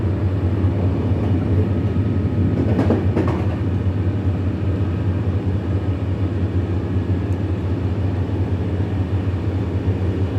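A train rattles along its tracks in the evening, a steady low rumble with a strong deep hum that barely changes across the ten seconds. Around the third second a brief clatter of brighter knocks rises above the drone, then the even rolling resumes.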